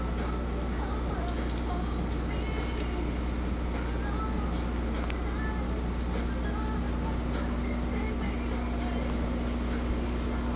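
Inside a mobile blood-donation bus, a steady low engine-like hum runs throughout beneath a dense, constant murmur of radio voices. Brief clicks and taps come and go, with a sharp short tick near the middle; the overall level stays even.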